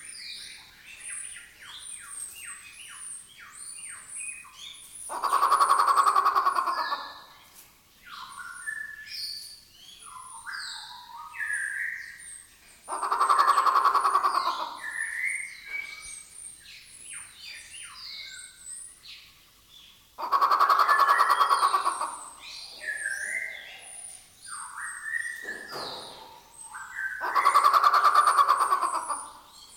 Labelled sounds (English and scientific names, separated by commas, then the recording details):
Grey Peacock-Pheasant (Polyplectron bicalcaratum)
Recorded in captivity
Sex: male
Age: adult
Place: Zoo Berlin, Berlin, DE
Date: 1997-01-18 14:13
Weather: bedeckt, -1°C
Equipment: Nagra SN, Kopie Uher 4000 Report Monitor
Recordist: Tembrock, Günter